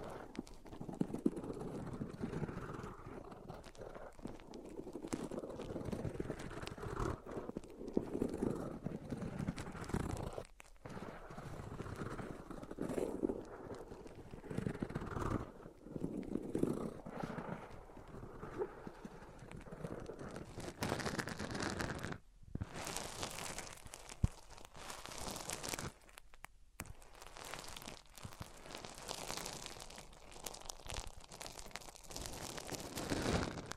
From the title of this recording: Rubbing Mics On Different Surfaces